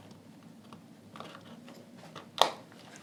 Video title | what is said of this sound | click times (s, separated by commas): OPPO Enco W31 Charging CASE Not Working - How to Fix - Step by Step Shown | You can see the click sound. | 2.4 s